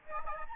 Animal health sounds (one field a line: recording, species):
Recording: mosquito wingbeat signal from an infrared sensor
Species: Aedes albopictus